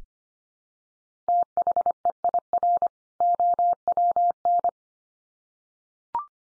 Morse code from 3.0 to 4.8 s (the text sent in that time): OWN